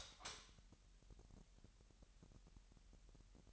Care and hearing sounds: daily activity, microphone in the room; light on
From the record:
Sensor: 3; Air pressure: 1001.9 hPa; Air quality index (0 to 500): 248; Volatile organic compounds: 49 ppm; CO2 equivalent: 3289 ppm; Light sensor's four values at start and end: 5/13/5/5 and 12/35/15/13

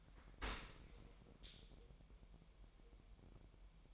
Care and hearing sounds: daily activity, microphone in the room; open dishwasher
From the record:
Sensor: 1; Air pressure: 1000.5 hPa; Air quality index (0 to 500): 248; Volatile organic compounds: 143 ppm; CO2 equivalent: 3993 ppm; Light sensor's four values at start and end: 11/27/11/12 and 11/27/11/12

